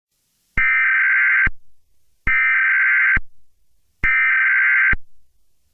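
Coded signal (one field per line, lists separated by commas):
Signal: Emergency Alert System (SAME) tones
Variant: header bursts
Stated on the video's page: Fictional EAS scenario, not a real alert.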